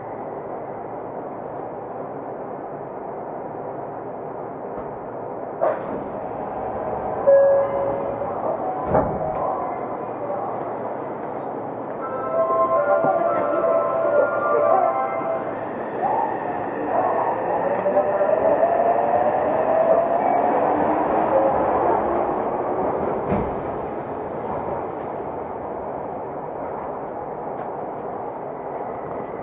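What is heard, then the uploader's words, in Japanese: A subway train runs with a steady, muffled rumble. Around the middle, the motor's whine climbs in stepped tones and then sweeps as the train speeds up. Sharp clacks from the track come through now and then. 横浜市営地下鉄3000V形 湘南台〜あざみ野 .m4a普通運用を録音しました。横浜市営地下鉄3000V形 湘南台ーあざみ野。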